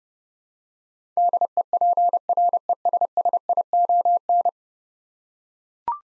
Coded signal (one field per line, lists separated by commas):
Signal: Morse code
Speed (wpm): 28 wpm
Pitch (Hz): 700 Hz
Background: none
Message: DEPRESSION